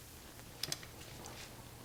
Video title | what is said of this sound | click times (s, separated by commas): Part 3/5 Chrysler FWD 3.2/3.6 Pentastar Oil Pump Replacement "By The Book" | ahead and torque it down until we hear the audible click | 0.6 s, 0.7 s